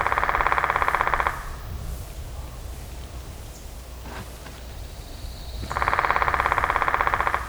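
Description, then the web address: Woodpecker rattling call: two fast, buzzy bursts of evenly spaced pulses, each lasting over a second, separated by a few seconds of quiet background hiss. On an island. "Matthew Kramer GUAG Audio GUAG SFX Island Woodpecker"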